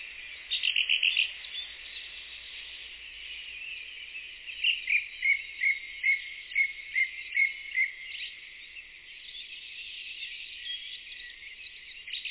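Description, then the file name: Song thrush song with a brief opening burst, then a crisp note repeated several times in a steady run, followed by quieter twittering. "grive musicienne"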